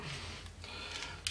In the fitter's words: fit me perfect and you heard the last click which is always a nice sound so